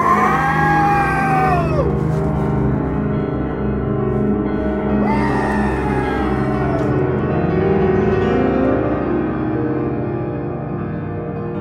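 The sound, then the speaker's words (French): A man, after striking his head against a knotted tree trunk and looking up, howls in two long, anguished bursts, each cry sliding downward in pitch into a deep, groaning bellow like a wounded wild animal, with no words spoken. “Il se cogna la tête contre le tronc noueux et, levant les yeux, il se mit à hurler, non comme un homme, mais comme une bête sauvage percée à mort de couteaux et d'épieux.”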